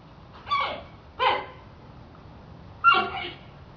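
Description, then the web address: Panda gives three short squealing cries, two close together and a third after a pause, over faint low background noise. Squealing panda, described as trying to say something. "som de panda a tentar dizer algo a guinchar"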